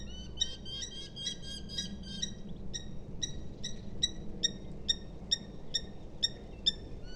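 Eurasian hobby giving shrill, repeated kew notes; a dense overlapping burst first, then evenly spaced single notes about twice a second over low background hum.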